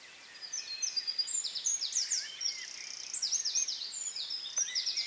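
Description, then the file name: Eurasian wren singing a long, high, rapid stream of metallic trills and twitters. "Troglodytes troglodytes"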